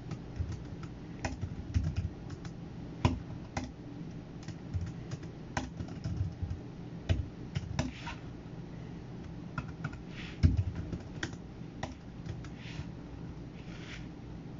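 Someone works at a computer, typing on a keyboard in irregular bursts of quick clicking, with short pauses between runs of keys. A low murmur hums steadily underneath, and a few sharper, louder key strikes stand out, one around ten seconds.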